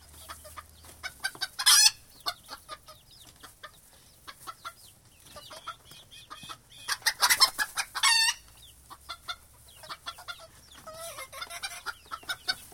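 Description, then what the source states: Chickens clucking in short notes mixed with loud, harsh squawks and a drawn-out, wavering call near the end. Clucking in a poultry yard.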